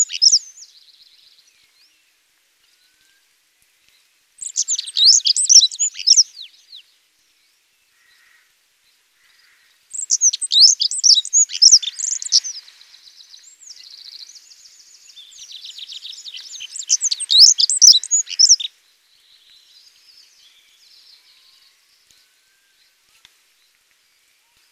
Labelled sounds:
Black-throated Accentor (Prunella atrogularis) song

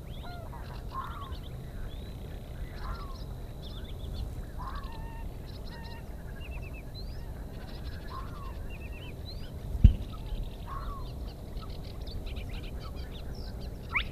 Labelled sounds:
Spotted Crake (Porzana porzana)

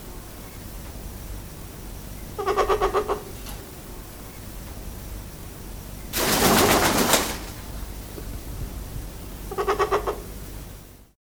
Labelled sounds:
Trumpeter Hornbill (Bycanistes bucinator)

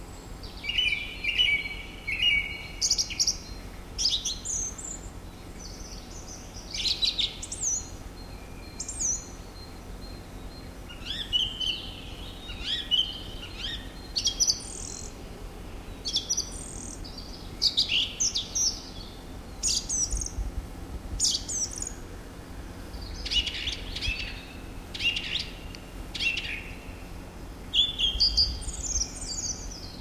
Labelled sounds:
Song Thrush (Turdus philomelos) song

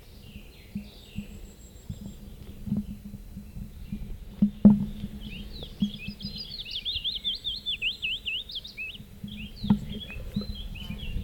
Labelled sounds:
Willow Warbler (Phylloscopus trochilus) song

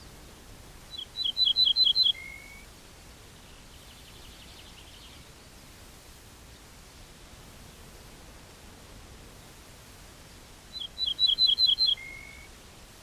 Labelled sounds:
Ortolan Bunting (Emberiza hortulana) song

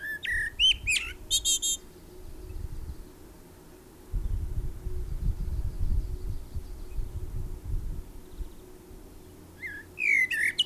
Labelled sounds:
Common Blackbird (Turdus merula) song

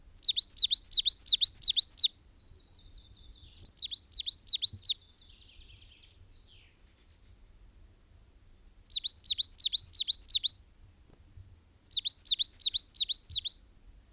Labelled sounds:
Coal Tit (Periparus ater) song

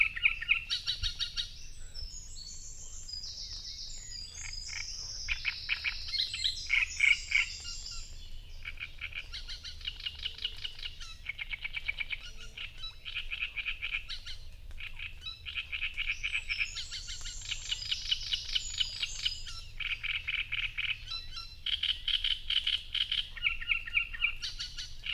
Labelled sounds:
Great Reed Warbler (Acrocephalus arundinaceus) song

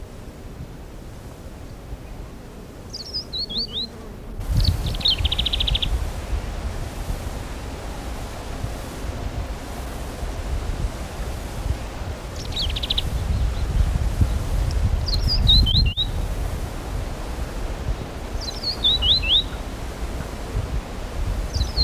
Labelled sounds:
Streaked Scrub Warbler (Scotocerca inquieta) call

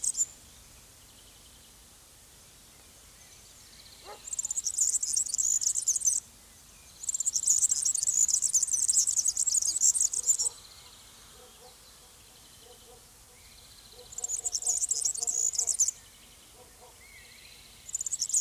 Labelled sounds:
European Serin (Serinus serinus) song

